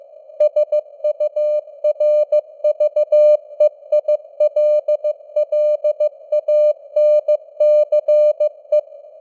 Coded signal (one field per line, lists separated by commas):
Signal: Morse code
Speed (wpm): 15 wpm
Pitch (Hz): 600 Hz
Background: none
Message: SURVEILLANCE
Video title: Morse Code News | 2025-12-01 | 15wpm